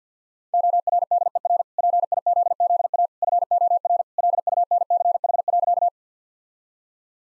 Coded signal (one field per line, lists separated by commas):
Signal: Morse code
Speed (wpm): 50 wpm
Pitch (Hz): 700 Hz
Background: none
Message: ORDER PIZZA FOR LUNCH.